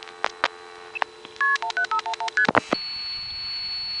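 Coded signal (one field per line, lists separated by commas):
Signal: multi-frequency trunk signalling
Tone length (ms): 90 ms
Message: KP1511ST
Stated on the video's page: Sounds of the old analog telephone network, 1971–81.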